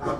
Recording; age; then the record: pig call; growing-finishing pig (85 days or more)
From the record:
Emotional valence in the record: positive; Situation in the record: run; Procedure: transit